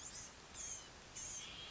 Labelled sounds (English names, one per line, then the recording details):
Blue-gray Gnatcatcher
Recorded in Sonoma County, California